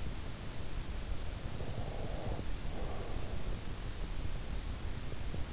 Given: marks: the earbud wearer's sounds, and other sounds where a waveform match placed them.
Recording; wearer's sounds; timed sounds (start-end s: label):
sounds in sleep by an in-ear microphone; breath
1.57-3.50 s: breath